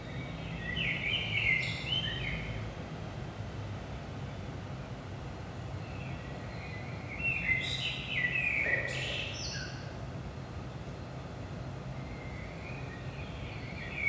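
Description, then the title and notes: Common blackbird singing separate warbled phrases with scratchy high endings, spaced several seconds apart over continuous low-frequency hum. Recorded at 5 am in the early morning in Saint-Gilles, Belgium, with DPA 4060 microphones in AB position into a Zoom F3. "Saint-Gilles, Belgique - 5am Blackbird. Blackbird in the morning. Merle au petit matin"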